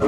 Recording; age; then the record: pig call; growing-finishing pig (85 days or more)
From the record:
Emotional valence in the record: positive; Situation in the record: run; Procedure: transit